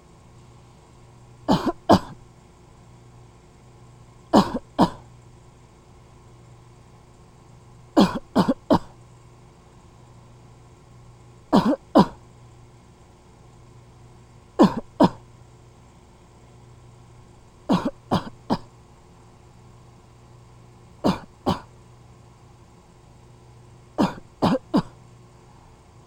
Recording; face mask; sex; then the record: voluntary coughing; surgical mask; female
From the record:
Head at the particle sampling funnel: facing it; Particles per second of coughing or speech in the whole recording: 0.327